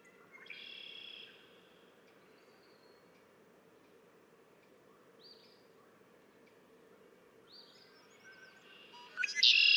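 Red-winged blackbird song: a faint buzzy trill early on, then quiet high notes, and a loud buzzy trill cut off at the end.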